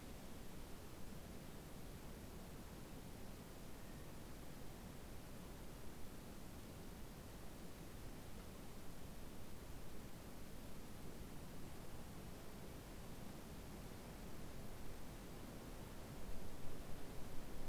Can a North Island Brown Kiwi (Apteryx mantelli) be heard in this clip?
no